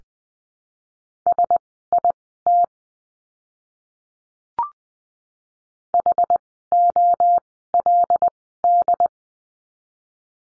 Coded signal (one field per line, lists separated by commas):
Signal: Morse code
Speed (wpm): 20 wpm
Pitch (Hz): 700 Hz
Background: none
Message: SIT HOLD